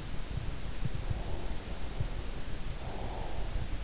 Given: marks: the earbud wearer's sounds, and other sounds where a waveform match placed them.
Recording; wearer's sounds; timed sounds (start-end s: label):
sounds in sleep by an in-ear microphone; breath
1.01-3.58 s: breath